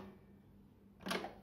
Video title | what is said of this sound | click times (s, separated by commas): [Tutorial FR-EN-DE-NL] How to change cartridges for Canon Maxify printers? | The cartridge is ejected. | 1.1 s